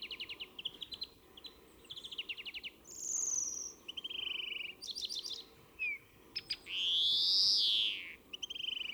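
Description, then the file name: European greenfinch song, a busy run of short chirps and trills broken by nasal buzzes and two long, loud wheezes. "Chloris chloris"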